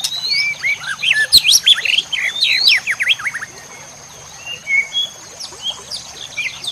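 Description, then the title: White-rumped shama giving high, squeaky, tumbling phrases of rising and falling notes, then quieter scattered whistles, with a continuous high tone in the background. Used to teach song to cage birds. "MASTERAN MURAI BATU LABAIK"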